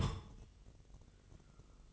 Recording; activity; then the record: daily activity, microphone in the room; place on stove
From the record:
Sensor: 4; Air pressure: 1000.2 hPa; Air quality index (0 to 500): 222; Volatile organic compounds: 26 ppm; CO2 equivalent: 2872 ppm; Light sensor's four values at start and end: 9/20/8/8 and 9/20/8/8